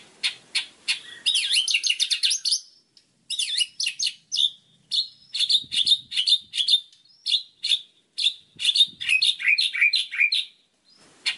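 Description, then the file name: White-rumped shama singing a lively mix of sweet whistles, quick slurred trills and crisp clipped notes, delivered rapidly in changing phrases. Masteran tutor song used for training birds. "suara masteran murai batu"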